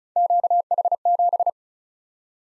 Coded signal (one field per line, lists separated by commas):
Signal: Morse code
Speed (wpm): 36 wpm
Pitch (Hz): 700 Hz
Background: none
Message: QH7